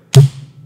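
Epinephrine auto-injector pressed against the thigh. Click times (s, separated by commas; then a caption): 0.2 s. An epinephrine auto-injector is pressed against the thigh and fires with a single sharp click at 0.2 s, followed by a short ringing tail and a low steady hum. The click confirms that the injection was delivered successfully.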